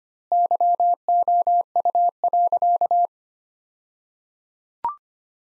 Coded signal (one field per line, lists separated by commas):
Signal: Morse code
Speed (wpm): 25 wpm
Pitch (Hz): 700 Hz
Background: none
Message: YOU.